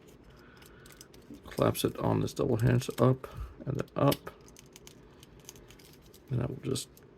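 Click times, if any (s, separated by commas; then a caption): none. Someone talks while folding a section of a plastic transforming Transformers Generations Legacy Evolution Nemesis Leo Prime figure up on a double hinge toward its locked position on the figure body. Faint ticks and rattles of handling are heard around 0.7–1.1 s and 4.6–5.7 s. The clip ends before the part goes home; nothing has seated or clicked yet.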